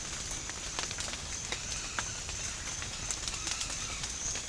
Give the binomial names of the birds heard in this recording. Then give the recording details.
Orthopsittaca manilatus. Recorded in dense forest near Puerto Asís, Putumayo, Colombia, on 27 June 2025 at 08:30. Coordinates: 0.481, -76.323. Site G072